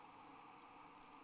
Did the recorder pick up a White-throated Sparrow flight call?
no